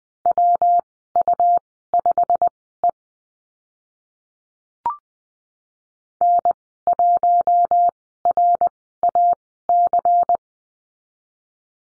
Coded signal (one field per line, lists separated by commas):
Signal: Morse code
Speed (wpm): 20 wpm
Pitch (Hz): 700 Hz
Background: none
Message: WU5E N1RAC